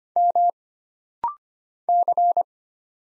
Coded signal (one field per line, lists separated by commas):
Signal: Morse code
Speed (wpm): 25 wpm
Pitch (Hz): 700 Hz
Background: none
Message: M C